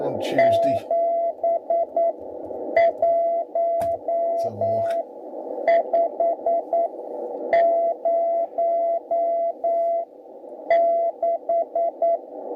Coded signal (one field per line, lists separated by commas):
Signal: Morse code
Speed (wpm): 9 wpm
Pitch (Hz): 680 Hz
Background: speech, radio noise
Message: 71506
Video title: 3.500 - 3.800 (80mtrs) SSB & CW